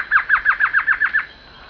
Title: LuckyPassaro Completos2Sama. Glossy Antshrike (Sakesphorus luctuosus luctuosus (ssp assumed from location))